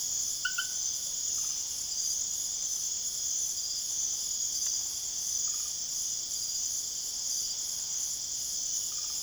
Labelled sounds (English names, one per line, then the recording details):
none
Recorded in secondary vegetation near Puerto Asís, Putumayo, Colombia, on 22 June 2025 at 22:00
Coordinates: 0.489, -76.322
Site G021